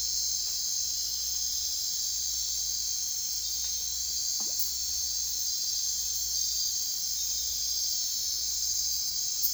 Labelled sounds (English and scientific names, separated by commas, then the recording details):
none
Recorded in secondary vegetation near Puerto Asís, Putumayo, Colombia, on 22 June 2025 at 02:00
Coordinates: 0.498, -76.327
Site GP09